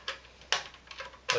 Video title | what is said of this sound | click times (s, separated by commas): how to take apart xbox 360 and hot swap part 1 | Just put your flathead in, and then you'll hear click. | 0.5 s